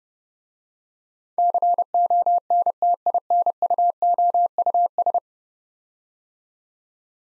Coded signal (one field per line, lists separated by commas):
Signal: Morse code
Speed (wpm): 30 wpm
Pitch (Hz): 700 Hz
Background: none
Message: CONTINUOUS